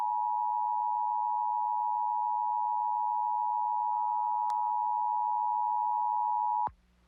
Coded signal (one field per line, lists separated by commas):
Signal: Emergency Alert System (SAME) tones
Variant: 853 and 960 Hz attention tone